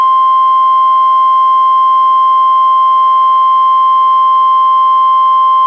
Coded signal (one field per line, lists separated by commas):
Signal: Emergency Alert System (SAME) tones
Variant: 1050 Hz attention tone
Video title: EAS #621: NWR Required Weekly Test- May 18, 2022- 11:01AM PDT